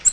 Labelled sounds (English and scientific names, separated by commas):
Nashville Warbler (Leiothlypis ruficapilla) flight call